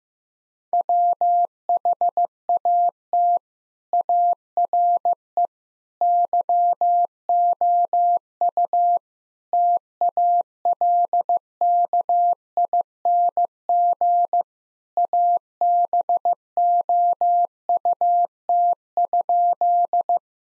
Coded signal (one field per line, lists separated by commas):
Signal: Morse code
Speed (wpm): 15 wpm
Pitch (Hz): 700 Hz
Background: none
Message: WHAT ARE YOU TALKING ABOUT?